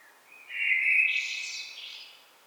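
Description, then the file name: Common blackbird singing one warbled phrase, a low fluty note sliding into a higher, squeaky twittering ending over quiet background. "Turdus merula"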